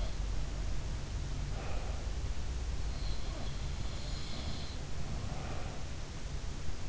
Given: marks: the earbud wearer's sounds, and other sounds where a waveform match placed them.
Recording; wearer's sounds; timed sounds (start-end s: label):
sounds in sleep by an in-ear microphone; breath
1.17-1.99 s: breath
3.20-4.73 s: sound from someone else or the room
5.14-6.04 s: breath